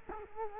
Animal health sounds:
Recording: mosquito wingbeat signal from an infrared sensor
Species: Culex quinquefasciatus

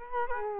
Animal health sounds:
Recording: mosquito wingbeat signal from an infrared sensor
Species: Culex quinquefasciatus

